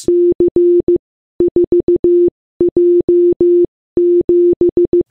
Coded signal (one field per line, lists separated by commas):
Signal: Morse code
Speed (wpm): 15 wpm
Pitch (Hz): 350 Hz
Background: none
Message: C4J7